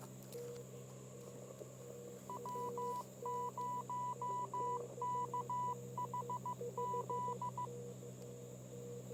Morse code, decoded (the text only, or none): W0KHZ